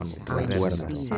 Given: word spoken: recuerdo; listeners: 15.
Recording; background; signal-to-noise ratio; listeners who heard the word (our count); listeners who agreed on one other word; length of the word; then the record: one Spanish word in noise, from a listening test; four-talker babble; -0.4 dB; 1 of 15; 8 of 15; 0.78 s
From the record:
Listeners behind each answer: 8, 3, 2, 1, 1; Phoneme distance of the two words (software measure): 10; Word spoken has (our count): 3 syllables, 8 phonemes, stress on syllable 2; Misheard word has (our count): 3 syllables, 8 phonemes, stress on syllable 2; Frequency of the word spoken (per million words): 100.82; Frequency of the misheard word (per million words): 60.63